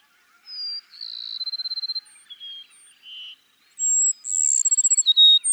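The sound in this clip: Cassin's sparrow sings two phrases back to back, each a high whistle leading into a rapid pulsed trill and short lower notes.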